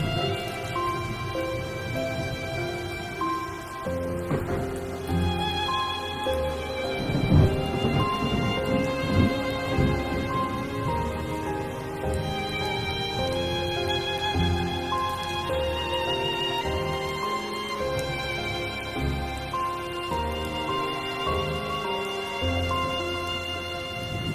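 Sustained, layered music tones play over a steady hiss of rain, with a low rumbling swell around seven seconds and constant loudness throughout.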